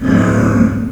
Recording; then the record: squeal of a Yucatan mini pig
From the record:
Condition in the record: after surgery on the right vocal fold (resection and tissue-engineered implant); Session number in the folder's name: 12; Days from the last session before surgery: 105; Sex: female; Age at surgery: 19 weeks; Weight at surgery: 25 kg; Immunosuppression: prednisolone